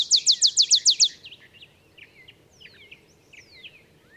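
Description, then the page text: Olive sparrow song ending in several quick, bright down-slurred chips, then scattered high twittering and thin whistles. Olive sparrow singing in the early morning in Texas, 50 miles north of the Mexican border; simple songs like a field sparrow's bouncing-ball song, though neither so mellow nor so melancholy. "Birdsong for the Curious Naturalist. songs Olive Sparrow. Recording early morning just 50 miles north of the Mexican border in Texas"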